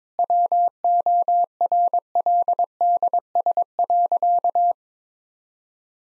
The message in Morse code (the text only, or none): WORLDS.